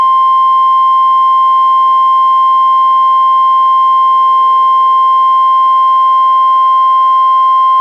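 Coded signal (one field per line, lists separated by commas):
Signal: Emergency Alert System (SAME) tones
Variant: 1050 Hz attention tone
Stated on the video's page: NWR Required Weekly Test from NWS Portland relayed by station KEC91, received on a Reecom R-1630 weather radio.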